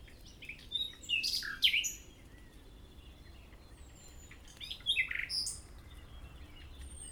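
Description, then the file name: Common nightingale song in two short phrases of slurred swooping notes, with faint thin high whistles between them. "Usignolo"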